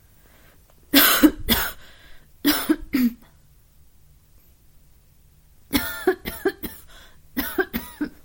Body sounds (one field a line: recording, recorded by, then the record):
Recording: voluntary cough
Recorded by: messaging app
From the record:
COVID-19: positive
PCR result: self-reported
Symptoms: yes